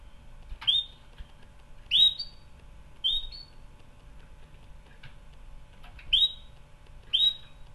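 Canary calling with bright upswept whistled notes, sometimes doubled, given five times at uneven intervals, with faint clicks between.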